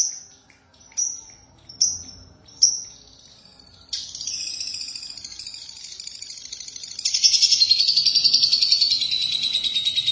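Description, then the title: Lovebird song: four sharp high chirps spaced about a second apart, then a long buzzy chatter that becomes louder and denser. "Suara Burung Lovebird"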